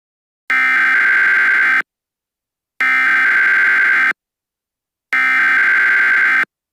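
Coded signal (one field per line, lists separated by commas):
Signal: Emergency Alert System (SAME) tones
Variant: header bursts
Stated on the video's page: Fictional EAS scenario.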